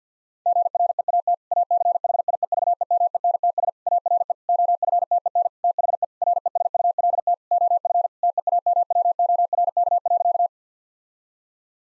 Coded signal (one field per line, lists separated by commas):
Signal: Morse code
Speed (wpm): 50 wpm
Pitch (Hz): 700 Hz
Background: none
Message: GREAT ACHIEVEMENTS ARE OFTEN THE RESULT OF TEAMWORK.